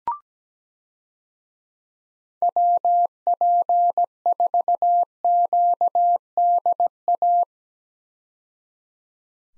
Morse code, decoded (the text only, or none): WP4QDA